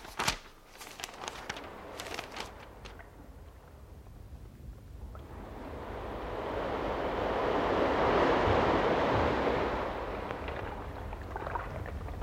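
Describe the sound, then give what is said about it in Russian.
Ocean waves in the Indian Ocean roll in after a few sharp splashing knocks: a broad, hissing surge of water swells steadily louder, peaks, then slowly washes back down under a constant rushing background. “Ясно, в Индийском океане.”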